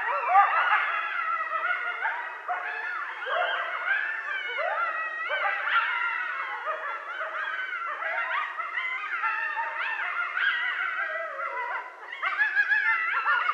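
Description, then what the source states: Coyotes yipping and howling together, a dense, chaotic chorus of overlapping high yelps, quavering wails and sliding howls without pause throughout, with a brief dip near the end. Recorded at night on 13 November 2012.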